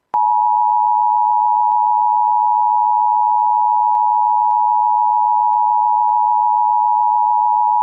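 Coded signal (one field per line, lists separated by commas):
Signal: Emergency Alert System (SAME) tones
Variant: 853 and 960 Hz attention tone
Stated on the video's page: Simulated virtual EAS Severe Thunderstorm Warning.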